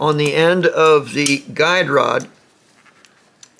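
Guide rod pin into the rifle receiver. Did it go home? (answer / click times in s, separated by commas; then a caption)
yes / 3.4 s. Someone talks while the small pin on the end of the steel guide rod is fitted into a hole at the back of the receiver of a Ruger Mini-14 rifle. After the talk ends, faint light ticks follow, and at 3.4 s a short, sharp click is heard as the pin pops into the receiver hole and seats.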